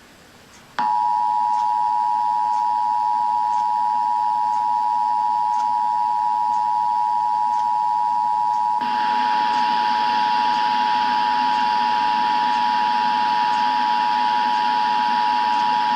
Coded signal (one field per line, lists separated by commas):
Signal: Emergency Alert System (SAME) tones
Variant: 853 and 960 Hz attention tone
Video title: National EAS test (radio)